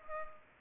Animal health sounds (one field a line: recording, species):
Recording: mosquito wingbeat signal from an infrared sensor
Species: Culex pipiens